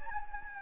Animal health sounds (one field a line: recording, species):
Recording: mosquito wingbeat signal from an infrared sensor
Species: Anopheles gambiae